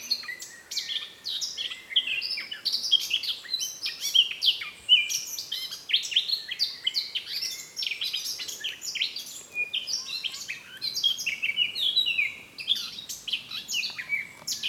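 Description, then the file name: Eurasian blackcap song, a dense, continuous run of quick, high warbled and chirping notes, with little pause across the whole stretch. "Sylvia atricapilla"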